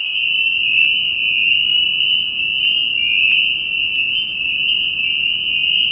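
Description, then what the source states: Spring peeper chorus, a continuous shrill band of massed peeps. Recorded at New Paltz.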